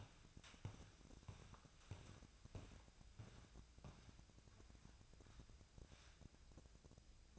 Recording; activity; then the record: daily activity, microphone in the room; walk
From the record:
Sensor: 2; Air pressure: 1012.1 hPa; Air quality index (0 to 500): 170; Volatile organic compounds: 2 ppm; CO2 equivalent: 1244 ppm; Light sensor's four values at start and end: 45/120/50/56 and 44/117/49/55